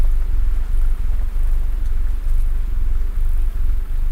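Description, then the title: Domestic cat purring loudly, the low pulsing rumble rising and falling with each breath several times. Cat snuggling while purring. "Cat Snuggles REAL PURRING"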